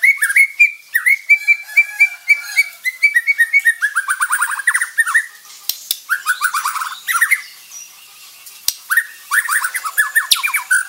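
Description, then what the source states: White-rumped shama song with strings of whistled notes, fast descending trills and varied chirping phrases, delivered in lively bursts separated by brief gaps. Bordan type of white-rumped shama.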